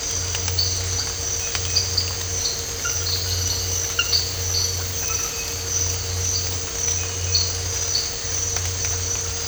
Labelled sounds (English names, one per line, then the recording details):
none
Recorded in dense forest near Puerto Asís, Putumayo, Colombia, on 8 March 2025 at 04:00
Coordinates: 0.468, -76.322
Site GP01